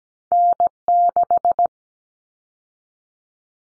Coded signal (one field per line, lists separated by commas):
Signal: Morse code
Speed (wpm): 17 wpm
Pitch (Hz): 700 Hz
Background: none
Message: N6